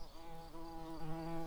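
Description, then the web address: Early bumblebee buzzing: a steady, low droning hum with stacked overtones, slightly wavering in pitch, under a soft hiss. Queens. "bumblebees learning set sounds Pratorum-queens"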